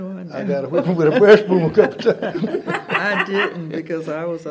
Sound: laughter

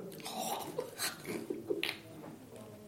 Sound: laughter

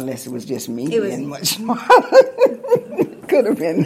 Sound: laughter

